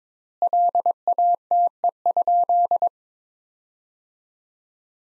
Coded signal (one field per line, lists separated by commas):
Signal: Morse code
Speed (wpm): 22 wpm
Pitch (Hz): 700 Hz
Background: none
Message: LATE?